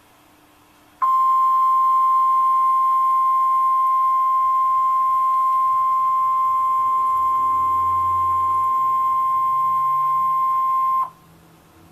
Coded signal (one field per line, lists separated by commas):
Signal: Emergency Alert System (SAME) tones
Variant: 1050 Hz attention tone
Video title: Severe Thunderstorm Warning for Canadian Co., OK [EAS #607] (4/17/2013)